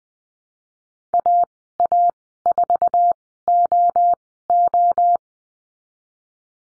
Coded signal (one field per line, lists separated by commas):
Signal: Morse code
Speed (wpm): 20 wpm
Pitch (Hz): 700 Hz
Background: none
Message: AA4OO